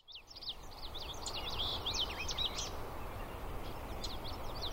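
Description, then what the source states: Common yellowthroat: a quick run of sharp, high notes early on, then fainter scattered notes, with steady low background noise throughout. Recorded 12 July 2016.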